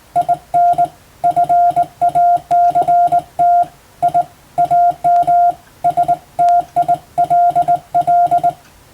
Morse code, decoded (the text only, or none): IN FACT I AM STILL